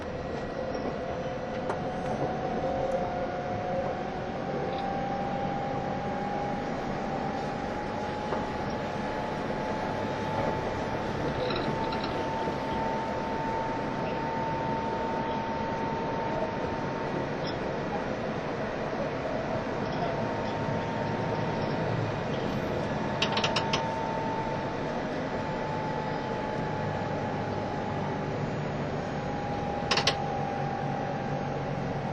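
An E351 Super Azusa train runs steadily between Hachioji and Shinjuku, with a dense, even rumble of wheels on track throughout. A thin motor whine holds a mid pitch, drifting slightly up and back down. Sharp clacks break through around 23 and 30 seconds.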